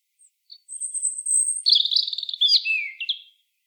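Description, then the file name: European robin singing one phrase: a thin high whistle, then a warbling trill that slides downward before fading out. "Erithacus rubecula"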